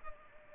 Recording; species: mosquito wingbeat signal from an infrared sensor; Culex pipiens